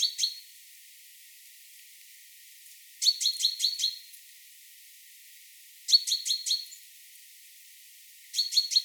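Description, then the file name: Great tit giving bursts of several rapid, sharp high notes, repeated about every three seconds with near silence between. "Parus major"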